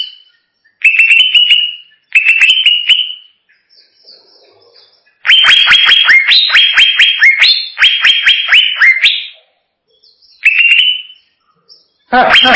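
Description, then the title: Greater green leafbird singing whistled notes in clustered phrases, a dense run of sharp chips in the middle, and a harsh burst at the very end. Champion bird singing. "Kicau Burung Cucak Ijo Juara"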